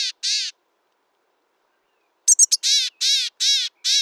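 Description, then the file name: Grey-headed chickadee calling: two buzzy notes, a pause, then three sharp high notes leading into four hoarse, buzzing notes in steady succession. "gray headed chickadee"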